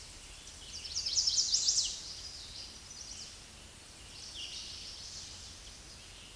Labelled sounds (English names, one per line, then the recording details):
Chestnut-sided Warbler song
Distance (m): 10 m
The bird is about level with the microphone
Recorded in a Pennsylvania forest on 16 May 2024 at 07:35
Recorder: AudioMoth, point MSD-2166
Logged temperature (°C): 16.3 °C
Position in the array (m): 105 m, -5 m